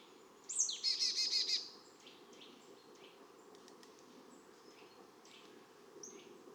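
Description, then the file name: Marsh Tit call: an abrupt downslurred note followed by about five fast buzzy repeated notes, then faint high ticks over steady background hiss. "Poecile palustris"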